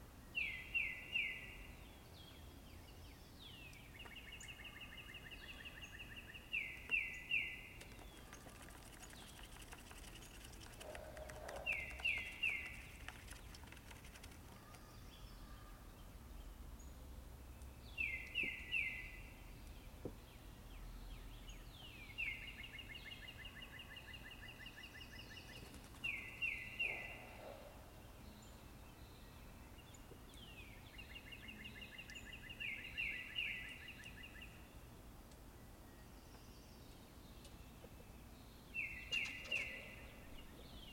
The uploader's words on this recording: The peaceful sound of birds in the forest.